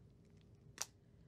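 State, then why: Seated. The plunger of a naloxone safety syringe with a retractable needle is pressed firmly all the way down to the end of its stroke. A single sharp click sounds at 0.8 s against a quiet background. The click signals that the needle has retracted back into the syringe.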